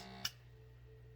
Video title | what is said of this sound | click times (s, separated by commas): KITCHEN ORGANIZING BEFORE SPRING GARDENING.. | did you hear that clicking noise | 0.2 s